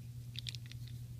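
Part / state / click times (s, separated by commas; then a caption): robot figure arm extending out of the torso / not seated / none. A plastic arm of a Maketoys Manga Mech Series (Trash-Talk & Cogwheel) robot figure is pulled outward from the torso during transformation, making a few short, bright plastic ticks and scrapes between about 0.4 and 0.9 seconds over a steady low hum. The arm has not yet reached its extended position, so nothing has seated or clicked yet.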